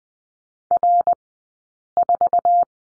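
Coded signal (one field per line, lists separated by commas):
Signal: Morse code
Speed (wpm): 20 wpm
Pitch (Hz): 700 Hz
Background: none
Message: R4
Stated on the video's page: Morse code course lesson on letter R, two-character groups, Farnsworth speed 20/10 wpm.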